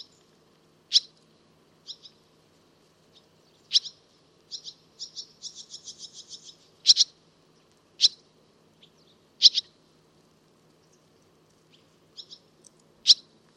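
Barn swallow calling with scattered sharp chirps and a brief fast twittering run in the middle, the notes high and clipped, spaced irregularly throughout.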